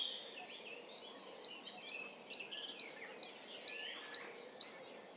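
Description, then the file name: Great tit song: a steady run of high, see-sawing two-note phrases, evenly repeated about twice a second. "Parus major"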